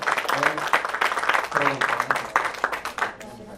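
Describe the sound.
A crowd applauds with dense, steady clapping that fills the whole stretch, while a voice speaks over the noise in the middle of it.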